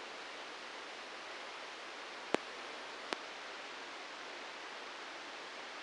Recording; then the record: brain microelectrode recording played as sound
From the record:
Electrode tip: outside the subthalamic nucleus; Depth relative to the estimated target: 6 mm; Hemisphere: right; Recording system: NeuroSet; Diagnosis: Parkinson's disease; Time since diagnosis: 9 years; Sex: male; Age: 56 years